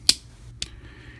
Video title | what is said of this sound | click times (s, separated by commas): Iron Factory IF-EX 06-10 - ASURA KNIGHTS | And lock into place like that. | 0.1 s, 0.6 s